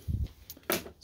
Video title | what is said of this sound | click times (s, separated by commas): 2009 GMC Sierra door handle cable replacement | that'll pull out then you can move it over here pop that out of there it's | 0.7 s